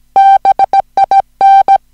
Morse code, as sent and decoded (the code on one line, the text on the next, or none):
-... .. -.
BIN